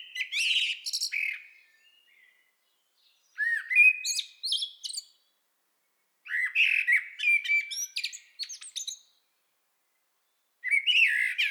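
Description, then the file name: Common blackbird song phrases: melodious low whistles trailing into high, scratchy twittering ends, repeated several times with short pauses. "Turdus merula"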